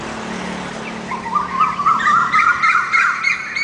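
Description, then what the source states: Bird song of quick chirping notes in a rapid series, starting after a second of low background hum that sounds like a vehicle. Recorded in the morning.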